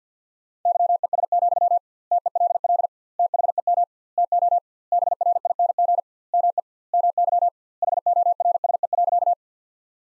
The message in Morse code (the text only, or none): YES, TELL THEM TO BRING ME MY HORSE.